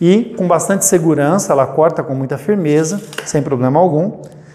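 Someone talks over a Bosch GTS 10 J benchtop table saw while handling the locking lever of its rip fence on the saw's rail. No lever sound stands out, and the fence lock has not clamped yet.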